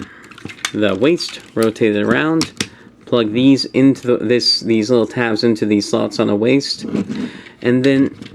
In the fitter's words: and then take this out halfway you'll hear it click and it will want to take the